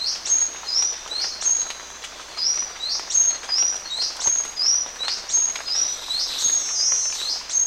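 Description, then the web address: Buff-tailed sicklebill calls: thin, very high squeaky notes, repeated in a steady series over a constant background hiss. Ecuador. "Birds of Ecuador Buff-tailed Sicklebill"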